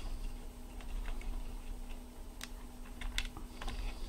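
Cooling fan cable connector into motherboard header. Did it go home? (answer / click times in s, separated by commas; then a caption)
no / none. While a laptop is reassembled after repasting, the small plastic cooling-fan cable connector is pushed toward its motherboard header, giving faint handling rustles and brief sharp ticks near 2.4 s and 3.2 s over a steady low hum. Nothing has seated or clicked yet.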